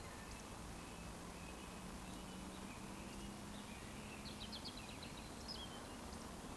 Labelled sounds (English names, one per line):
Eurasian Woodcock whistle